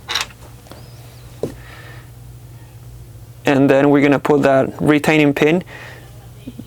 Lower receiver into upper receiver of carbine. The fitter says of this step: until it clicks in